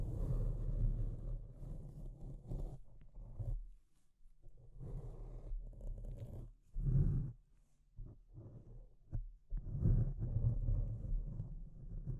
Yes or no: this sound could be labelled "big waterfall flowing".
no